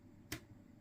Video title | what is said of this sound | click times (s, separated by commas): OnePlus Watch 3 Nordic Blue Strap | that you kind of like pull down and it clicks off. | 0.3 s